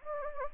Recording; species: mosquito wingbeat signal from an infrared sensor; Anopheles gambiae